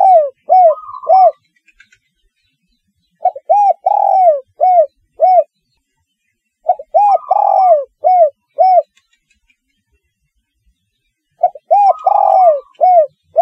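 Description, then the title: Spotted dove cooing: short phrases of several hollow, rounded coos, with a longer drawn-out note, repeated every three to five seconds. "Tekukur"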